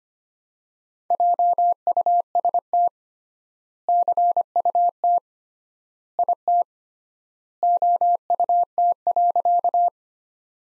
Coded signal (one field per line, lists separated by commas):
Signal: Morse code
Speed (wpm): 25 wpm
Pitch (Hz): 700 Hz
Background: none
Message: JUST CUT IT OUT.